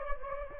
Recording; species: mosquito wingbeat signal from an infrared sensor; Anopheles gambiae